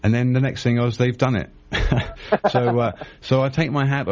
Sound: laughing